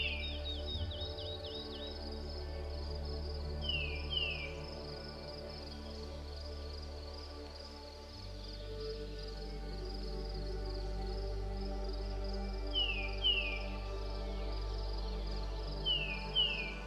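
Forest songbirds chirp over soft, steady music that holds long sustained tones. Quick descending bird calls come in short pairs near the start, around four seconds, and again after twelve seconds, with a faint high trilling throughout. The low drone shifts pitch around eight seconds.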